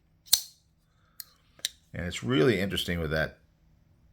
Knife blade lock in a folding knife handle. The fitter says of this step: that click click. If you do it slowly, you hear it.